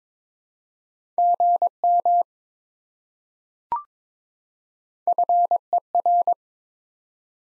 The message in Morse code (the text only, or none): GM FER